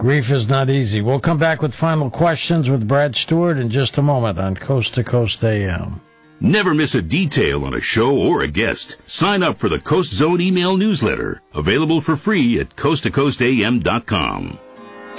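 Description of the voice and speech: Fluent, clear adult male radio host speech with steady pitch and normal pacing, then a brief pause and a station announcer's promo.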